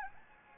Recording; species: mosquito wingbeat signal from an infrared sensor; Anopheles gambiae